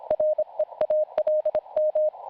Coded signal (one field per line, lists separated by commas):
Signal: Morse code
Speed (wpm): 27 wpm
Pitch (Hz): 620 Hz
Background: none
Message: REALM